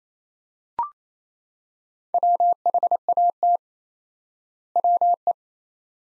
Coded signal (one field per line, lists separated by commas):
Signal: Morse code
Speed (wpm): 27 wpm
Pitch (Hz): 700 Hz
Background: none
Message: WHAT WE